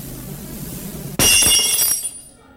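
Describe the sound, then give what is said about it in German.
A thrown drinking glass shatters with a sudden loud crash, followed by a bright shower of tinkling shards that rings on for about a second before fading, over a low background rumble. “Was fällt dir ein, mit Gläsern herumzuschmeißen?”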